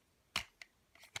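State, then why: Seated. The plastic head of a transforming yellow lion figure is pushed into its dedicated holding spot, with a sharp snap at 0.4 s, followed by fainter clicks around 0.6, 1.0 and 1.2 s. The head seats and holds in place, though a little wobbly.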